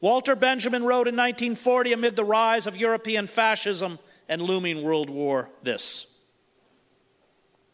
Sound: none